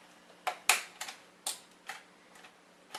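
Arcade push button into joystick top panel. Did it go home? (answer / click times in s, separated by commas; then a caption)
yes / 0.7 s. A plastic arcade push button is pressed into its hole in the top panel of a MadCatz SE joystick. A series of sharp plastic ticks sounds at about 0.5, 1.0, 1.5, 1.9 and 3.0 seconds, with the loudest snap at 0.7 seconds as the retaining clips snap home. The button is seated, and the snap shows it is in properly.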